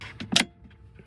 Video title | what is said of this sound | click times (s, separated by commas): The Best NEW Model Y Accessories Right Now | that pops out. You pull it like this and it's a retractable cable. | 0.4 s